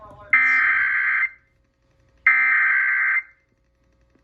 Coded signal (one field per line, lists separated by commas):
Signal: Emergency Alert System (SAME) tones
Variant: header bursts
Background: speech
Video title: Child Abduction Emergency (#FLAmber) on WKTK and WXXL FM (EAS #211-212)